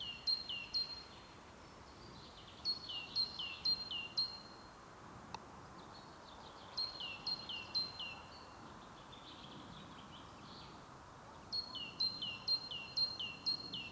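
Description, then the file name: Great tit repeating its ringing two-note phrase in four bursts of several pairs each, with brief pauses between them and low background noise. "Parus major"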